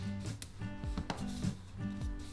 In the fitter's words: You may have heard that click into place.